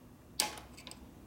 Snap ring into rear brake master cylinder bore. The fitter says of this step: hear that pop there's just a little click right there too